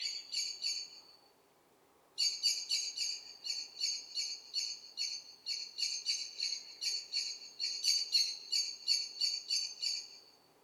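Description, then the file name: Eurasian blackbird giving a rapid series of sharp, clipped high calls, about three a second, pausing briefly near the start then running steadily to the end. "Turdus merula"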